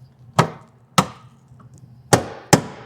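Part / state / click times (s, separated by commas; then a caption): latches on the lid of a 3D printer filament dry box / seated / 1.0 s, 2.5 s. Both latches on the closed lid of a Markforged X7 3D printer's filament dry box are snapped shut while printing Nylon 6 CF. Four sharp, loud snaps ring out, at about 0.4 s, 1.0 s, 2.1 s and 2.5 s, each with a brief decaying tail over quiet background noise. Both latches click shut at 1.0 s and 2.5 s, and the lid is seated.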